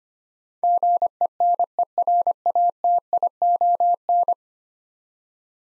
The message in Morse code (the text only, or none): GENERATION